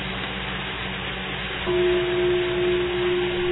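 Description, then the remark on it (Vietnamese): A low, steady bell hum rises out of a broad noisy background and holds at one deep pitch for about two seconds without fading, like the long ring of a large struck bell; a bell struck during a Buddhist teaching in Conroe, Texas. “Quý vị nghe có tiếng chuông, là cái nghe này người nào mà nghe là cái nghe của phàm phu tục tử, phải không?”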